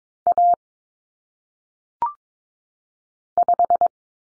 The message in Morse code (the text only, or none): A 5